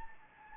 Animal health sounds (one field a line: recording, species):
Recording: mosquito wingbeat signal from an infrared sensor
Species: Anopheles gambiae